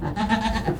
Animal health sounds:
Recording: contact call of a hoofed animal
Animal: goat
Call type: low-frequency (closed-mouth) or high-frequency (open-mouth) call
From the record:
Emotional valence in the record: positive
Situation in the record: food anticipation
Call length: 0.79 s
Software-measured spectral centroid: 2040 Hz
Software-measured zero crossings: 1410 a second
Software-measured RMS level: -24 dBFS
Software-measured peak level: -7 dBFS

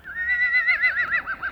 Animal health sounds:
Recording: contact call of a hoofed animal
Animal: Przewalski's horse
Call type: whinny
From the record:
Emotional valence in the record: negative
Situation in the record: naturally occurring agonistic interactions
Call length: 1.51 s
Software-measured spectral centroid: 2250 Hz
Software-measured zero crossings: 3530 a second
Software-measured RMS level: -23 dBFS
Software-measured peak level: -11 dBFS

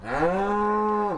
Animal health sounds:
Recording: contact call of a hoofed animal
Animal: cattle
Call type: low-frequency (closed-mouth) or high-frequency (open-mouth) call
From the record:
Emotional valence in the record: negative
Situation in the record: physical separation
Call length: 1.17 s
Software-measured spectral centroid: 1160 Hz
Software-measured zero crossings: 1510 a second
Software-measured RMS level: -24 dBFS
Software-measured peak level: -11 dBFS

